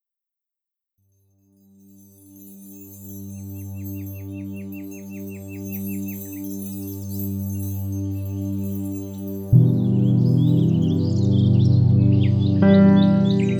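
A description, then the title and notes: Soft, low piano-like music swells in after a moment of silence, with steady pulsing chords that shift with a firmer strike near ten seconds and again near thirteen. Small, quick bird chirps flicker high above, briefly early on and more often toward the end. Sleep Sounds: Birds and Soft Piano Music.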